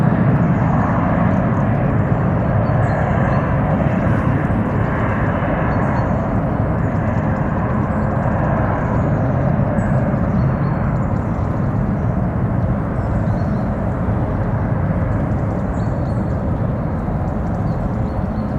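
A steady, dense outdoor hum by the Trou aux Gants pond in the Meudon forest, with faint high bird chirps scattered throughout.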